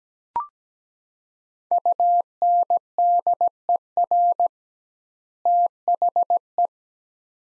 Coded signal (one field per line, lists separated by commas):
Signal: Morse code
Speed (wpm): 17 wpm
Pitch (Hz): 700 Hz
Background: none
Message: UNDER THE